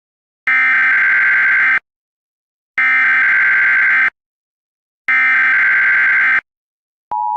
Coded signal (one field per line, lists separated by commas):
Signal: Emergency Alert System (SAME) tones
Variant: header bursts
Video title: EAS Scenario #16: ISIS Nightmare